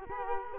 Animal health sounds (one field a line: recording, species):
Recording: mosquito wingbeat signal from an infrared sensor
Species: Culex quinquefasciatus